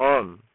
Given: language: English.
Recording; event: throat vibration sensor signal played as sound; speech